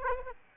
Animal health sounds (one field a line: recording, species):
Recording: mosquito wingbeat signal from an infrared sensor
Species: Aedes aegypti